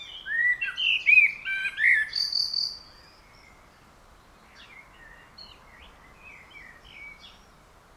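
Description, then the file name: Common blackbird song: one full warbled phrase with a high twittered ending, followed by faint notes. "Turdus merula"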